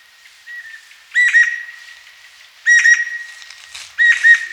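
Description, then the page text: Greater necklaced laughingthrush calls: clear whistled phrases with harsher overtones, three loud bursts about every one and a half seconds, a fainter whistle before. "Greater Necklaced Laughingthrush Calls. Quick Sounds"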